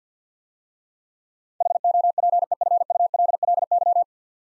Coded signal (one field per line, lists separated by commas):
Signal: Morse code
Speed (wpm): 49 wpm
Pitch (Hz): 700 Hz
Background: none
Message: HOPEFULLY